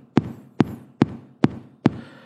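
Hand tapping imitating an adult heartbeat: a normal sinus rhythm, completely regular, a bit faster, as when a person is excited.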